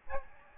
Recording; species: mosquito wingbeat signal from an infrared sensor; Aedes albopictus